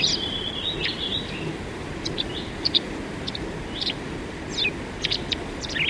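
White wagtail calls: a drawn-out note at first, then scattered short sharp chirps through the rest, over steady background noise.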